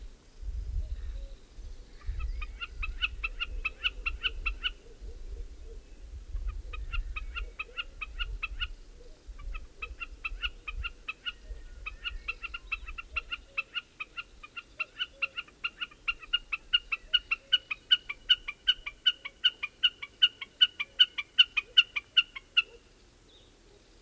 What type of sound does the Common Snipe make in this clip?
call